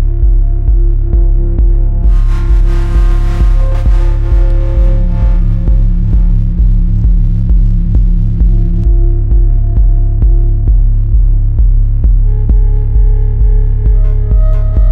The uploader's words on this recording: Experimenting with frequencies. Frequency modulation synthesis and samples.